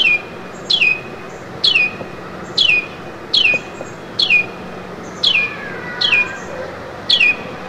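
Carolina wren giving clipped, falling call notes in a series, about one every second, with soft ambient noise underneath.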